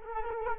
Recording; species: mosquito wingbeat signal from an infrared sensor; Culex quinquefasciatus